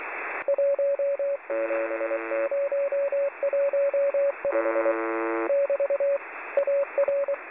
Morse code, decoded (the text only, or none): 17015 <BT> AR